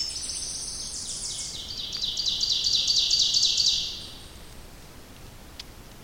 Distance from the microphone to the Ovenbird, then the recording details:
about 35 m. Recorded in boreal forest in Alberta, Canada, on 29 May 2016 at 08:38. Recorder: SongMeter 3, array SBT-3-49. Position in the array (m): 53 m, 173 m. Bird 15